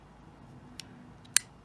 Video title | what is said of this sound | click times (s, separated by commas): Chris Reeve Sebenza 31 & Sebenza 21 Compared: From Tip to Lanyard, Front to Back, Outside and Inside | There's 2 clicks if you hear. | 0.8 s, 1.4 s